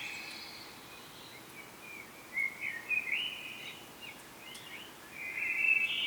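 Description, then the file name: Common blackbird delivering jumpy, slurred notes that rise and fall, ending in a louder, higher twittering phrase. "Turdus merula"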